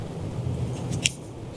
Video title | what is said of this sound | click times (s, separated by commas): How To Fix Windshield Wiper Streaks. Replace Blades With Ease DIY | just slide it right in, and you'll hear it click. | 1.1 s